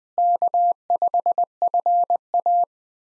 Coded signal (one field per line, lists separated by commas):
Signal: Morse code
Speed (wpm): 20 wpm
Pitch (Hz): 700 Hz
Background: none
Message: K5FA